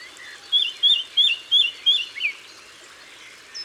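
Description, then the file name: Eurasian blackcap song: a soft opening note, then five loud, clear fluty notes repeated about every third of a second, ending with a softer slurred note. Recorded in Isère, France; from the album Concerts naturels de l'Isère. "Fauvette-a-tete-noire-Concerts-naturels-de-l Isere-Studio-Les-Trois-Becs"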